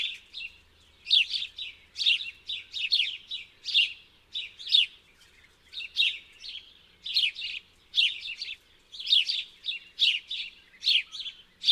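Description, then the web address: House sparrow chirping, a steady run of short, harsh chirps in quick clusters, with no other clear sounds. "Graspurv"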